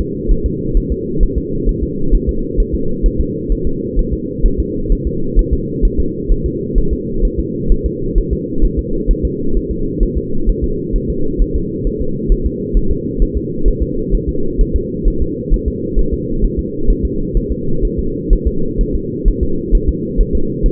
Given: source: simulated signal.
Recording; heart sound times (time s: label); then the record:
fetal heart sounds
0.00 s: S2
0.31 s: S1
0.46 s: S2
0.77 s: S1
0.92 s: S2
1.23 s: S1
1.38 s: S2
1.69 s: S1
1.83 s: S2
2.14 s: S1
2.29 s: S2
2.60 s: S1
2.75 s: S2
3.06 s: S1
3.20 s: S2
3.52 s: S1
3.67 s: S2
3.99 s: S1
4.13 s: S2
4.46 s: S1
4.60 s: S2
4.92 s: S1
5.07 s: S2
5.39 s: S1
5.53 s: S2
5.85 s: S1
6.00 s: S2
6.32 s: S1
6.46 s: S2
6.78 s: S1
6.93 s: S2
7.25 s: S1
7.39 s: S2
7.72 s: S1
7.86 s: S2
8.18 s: S1
8.33 s: S2
8.64 s: S1
8.79 s: S2
9.11 s: S1
9.25 s: S2
9.57 s: S1
9.71 s: S2
10.03 s: S1
10.17 s: S2
10.49 s: S1
10.64 s: S2
10.96 s: S1
11.10 s: S2
11.42 s: S1
11.56 s: S2
11.87 s: S1
12.01 s: S2
12.32 s: S1
12.46 s: S2
12.77 s: S1
12.91 s: S2
13.22 s: S1
13.37 s: S2
13.68 s: S1
13.82 s: S2
14.14 s: S1
14.29 s: S2
14.61 s: S1
14.76 s: S2
15.08 s: S1
15.22 s: S2
15.54 s: S1
15.68 s: S2
15.99 s: S1
16.13 s: S2
16.44 s: S1
16.59 s: S2
16.90 s: S1
17.05 s: S2
17.37 s: S1
17.52 s: S2
17.85 s: S1
17.99 s: S2
18.33 s: S1
18.47 s: S2
18.81 s: S1
18.95 s: S2
19.28 s: S1
19.43 s: S2
19.75 s: S1
19.89 s: S2
20.20 s: S1
20.35 s: S2
20.66 s: S1
From the record:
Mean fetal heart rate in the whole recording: 130 bpm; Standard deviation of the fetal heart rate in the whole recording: 4 bpm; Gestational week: 38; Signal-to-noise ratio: -8.1 dB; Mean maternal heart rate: 72 bpm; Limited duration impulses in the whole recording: absent